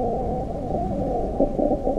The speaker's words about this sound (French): Cette sorte de bourdonnement que vous entendez n'est autre que l'accouplement de nos deux mouches. Le mâle monte sur la femelle qui écarte légèrement les ailes afin de lui présenter ses parties génitales ouvertes.